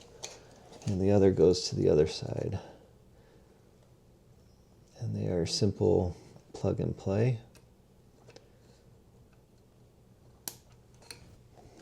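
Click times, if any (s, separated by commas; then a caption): 10.5 s. Someone talks, then the plastic plug-and-play wiring connector halves of an Artika Sunnyvale ceiling fan are pushed together, the fan wiring plug sliding into the mating ceiling connector. A sharp click is heard at 10.5 s as the connector seats, followed by a few faint ticks.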